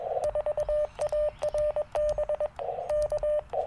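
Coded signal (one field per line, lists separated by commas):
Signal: Morse code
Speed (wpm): 21 wpm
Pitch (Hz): 600 Hz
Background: radio noise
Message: 4ARB K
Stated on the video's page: CW Parks on the Air activation at Tuskegee National Forest with a Yaesu FT-817ND, later a Yaesu FT-891 for more power, in rough band conditions.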